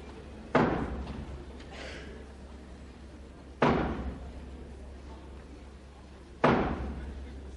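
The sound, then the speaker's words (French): A door that needs repairing slams shut three times at uneven intervals, each a sharp, loud bang followed by a short fading rattle, over a low steady hum, in a 1952 French recording of Géraldy's play Duo. “Tu ne te décideras donc jamais à nous faire arranger cette porte.”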